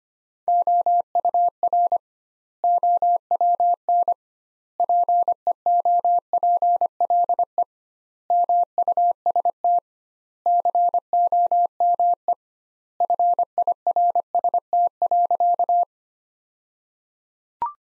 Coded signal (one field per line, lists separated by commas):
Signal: Morse code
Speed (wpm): 25 wpm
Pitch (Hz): 700 Hz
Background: none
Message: OUR OWN PEOPLE MUST COME FIRST.